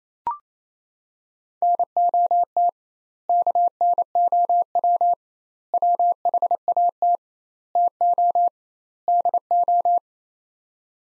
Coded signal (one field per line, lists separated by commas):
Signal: Morse code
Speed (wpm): 28 wpm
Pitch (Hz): 700 Hz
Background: none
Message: NOT KNOW WHAT TO DO